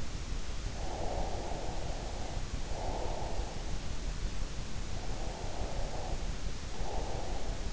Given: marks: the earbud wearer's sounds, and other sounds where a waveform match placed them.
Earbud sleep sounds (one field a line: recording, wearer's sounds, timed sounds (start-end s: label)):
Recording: sounds in sleep by an in-ear microphone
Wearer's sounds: breath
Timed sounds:
0.75-3.54 s: breath
4.91-7.73 s: breath